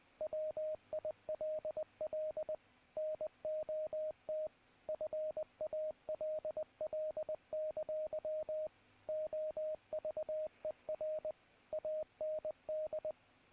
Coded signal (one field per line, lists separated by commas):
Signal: Morse code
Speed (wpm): 20 wpm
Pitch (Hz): 620 Hz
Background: radio noise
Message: WILL NOT FALL! OVER AND